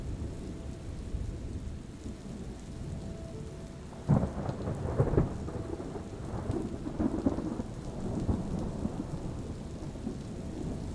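Thunder rumbles low and continuous under a steady wash of rain. Around four seconds a louder crack and roll swells up, with further rumbling bursts near five and seven seconds before settling back into the deep, distant growl.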